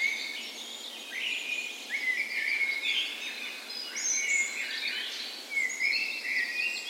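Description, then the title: Birds: dawn chorus of overlapping birdsong, whistled slurred notes and quick trills layered over a steady background of higher chirping. Dawn chorus recorded on the morning of 17 May, Norway's National Day, in a park west in Bergen, Norway, in spring; Sony PCM A10 recorder with LOM Usi microphones as "tree ears". "17th Of May Dawn Chorus"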